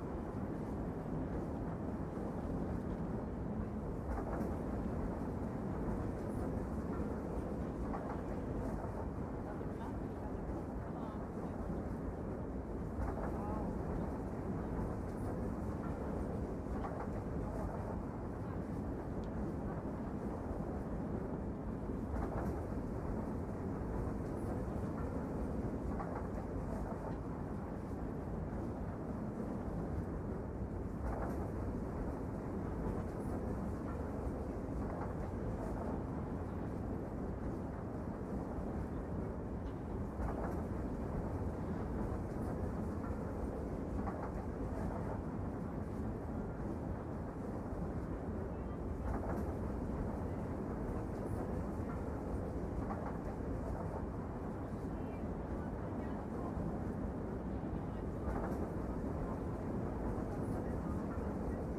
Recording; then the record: background sound without coughing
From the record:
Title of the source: Train Ride Ambience ambient white noise for sleeping, focus, studying, reading